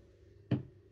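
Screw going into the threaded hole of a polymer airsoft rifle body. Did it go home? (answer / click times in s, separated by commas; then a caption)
yes / 0.5 s. A small screw, dropped into its threaded hole in the polymer body of a Cybergun Scar L airsoft rifle, is turned backwards so it finds the start of the thread rather than cross-threading. One short, sharp click is heard at 0.5 s against a quiet background. The click shows the screw has seated in the start of the thread, ready to be screwed in forward.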